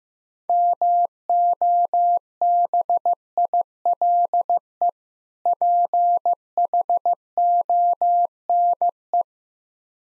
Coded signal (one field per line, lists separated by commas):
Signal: Morse code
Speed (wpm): 15 wpm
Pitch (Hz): 700 Hz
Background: none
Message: MOBILE PHONE